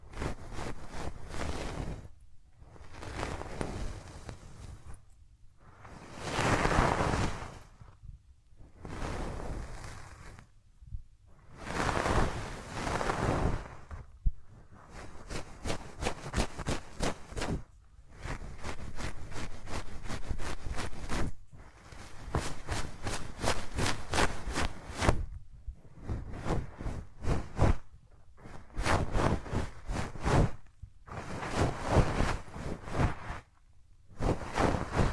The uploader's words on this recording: ASMR Rubbing Your Ears in My Hands Sensitive, Close Up Triggers (No Talking).